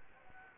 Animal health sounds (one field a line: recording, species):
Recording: mosquito wingbeat signal from an infrared sensor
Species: Anopheles gambiae